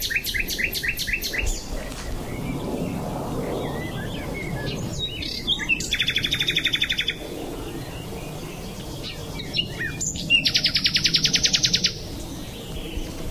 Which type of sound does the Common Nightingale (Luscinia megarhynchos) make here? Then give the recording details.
song. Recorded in the wild. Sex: male. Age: adult. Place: Lübars, Berlin, DE. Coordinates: 52.6172, 13.3619. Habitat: wood. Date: 2007-04-28 13:45. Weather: sunny, 24-25°C. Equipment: Sony WM-D6C, Sennheiser ME 80. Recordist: Tembrock, Günter